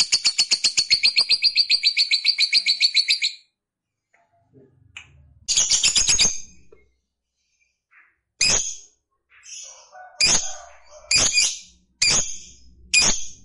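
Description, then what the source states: Lovebird chattering song: a three-second burst of rapid, high, buzzy notes, a pause, a shorter harsh burst, then sharp separate chirps about every second. Fighter lovebird singing energetically (gacor).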